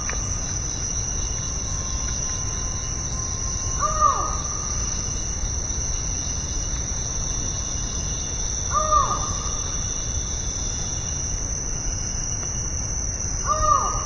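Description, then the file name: Collared forest falcon giving loud, hollow single calls, each slightly falling, repeated about every five seconds over steady background hiss and a constant high-pitched buzz. Recorded 13 October 2013 along Ruta 101. "Micrastur-semitorquatus 2013-10-13 Ruta-101 Jorge-La-Grotteria"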